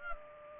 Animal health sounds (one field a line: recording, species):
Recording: mosquito wingbeat signal from an infrared sensor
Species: Aedes aegypti